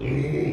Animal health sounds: contact call of a hoofed animal; pig; closed-mouth grunt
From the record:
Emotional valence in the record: negative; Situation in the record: short social isolation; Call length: 0.53 s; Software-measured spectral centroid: 1160 Hz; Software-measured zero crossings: 760 a second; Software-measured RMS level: -24 dBFS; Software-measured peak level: -13 dBFS

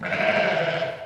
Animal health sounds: contact call of a hoofed animal; sheep; low-frequency (closed-mouth) or high-frequency (open-mouth) call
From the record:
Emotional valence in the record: negative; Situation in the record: short social isolation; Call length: 1.05 s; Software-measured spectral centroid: 1810 Hz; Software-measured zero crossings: 2390 a second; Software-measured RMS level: -24 dBFS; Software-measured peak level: -6 dBFS

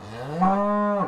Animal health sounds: contact call of a hoofed animal; cattle; low-frequency (closed-mouth) or high-frequency (open-mouth) call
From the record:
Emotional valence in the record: negative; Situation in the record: full separation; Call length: 1.08 s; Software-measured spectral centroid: 1140 Hz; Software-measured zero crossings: 1550 a second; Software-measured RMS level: -23 dBFS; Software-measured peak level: -10 dBFS

